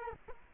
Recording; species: mosquito wingbeat signal from an infrared sensor; Culex quinquefasciatus